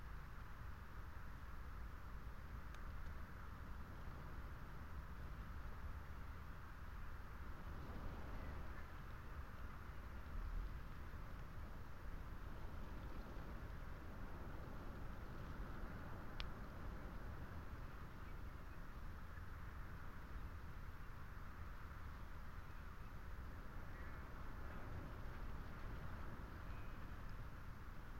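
Wind blows steadily around a lone tree and telegraph wires, a dense, unbroken roar heaviest in the low end with a softer hiss above. The level barely changes throughout, and a couple of faint ticks sound near three and sixteen seconds.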